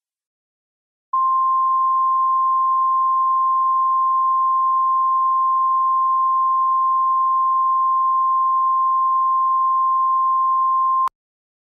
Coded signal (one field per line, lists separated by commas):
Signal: Emergency Alert System (SAME) tones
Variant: 1050 Hz attention tone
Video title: EAS Flash Flood Warning Extension (Boyd, KY, Carter, KY, Greenup, KY, and Lawrence, OH Counties)